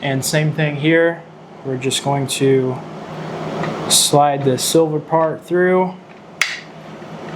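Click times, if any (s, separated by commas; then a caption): 6.4 s. Someone talks while the bottom limb of a Hoyt Satori takedown recurve bow is slid, silver part first, through the riser's limb pocket. At 6.4 s a single sharp click sounds as the limb hooks onto the detent ball and locks into the riser, seating the bottom limb.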